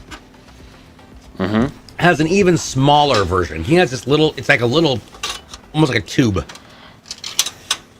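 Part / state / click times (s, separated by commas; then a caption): I/O shield into the back of a PC case / seated / 7.4 s, 7.7 s. Someone talks for most of the clip while an I/O shield is pressed into the rear opening of a PC case. Near the end, sharp snaps at 7.4 s and 7.7 s mark its tabs clicking in, and the shield is seated.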